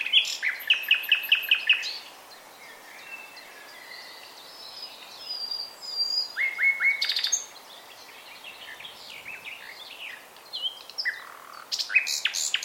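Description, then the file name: Common nightingale song: bursts of rapid repeated notes separated by softer varied whistles. "Luscinia megarhynchos"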